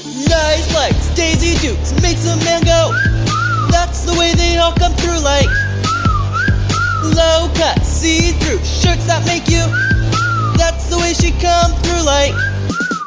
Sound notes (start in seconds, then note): 2.4 whistle; 5.8 whistle whistle; 9.3 whistles